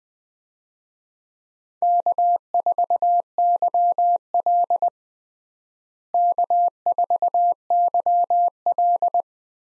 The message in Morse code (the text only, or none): K4YL K4YL